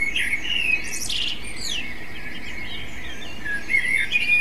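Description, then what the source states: Common blackbird: a warbled fluty phrase with high twittering ends, a quiet gap, then another mellow phrase begins, over soft background rushing. Recording device: MZ-N 710.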